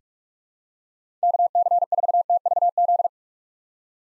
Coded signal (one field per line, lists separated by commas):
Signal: Morse code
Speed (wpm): 42 wpm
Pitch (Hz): 700 Hz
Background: none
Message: KC4TVZ